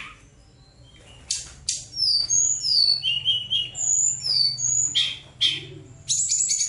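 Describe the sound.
Bird song: a quick medley of high slurred whistles, falling notes and harsh buzzy phrases, ending in a dense scratchy burst.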